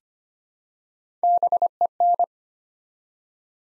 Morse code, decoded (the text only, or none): BEN